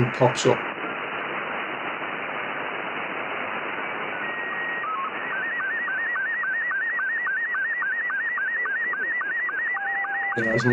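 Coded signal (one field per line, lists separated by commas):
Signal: SSTV (slow-scan television)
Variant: Scottie 2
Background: speech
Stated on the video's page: RTTY and SSTV sent on HF through the same soundcard audio path and radio settings used for FT8.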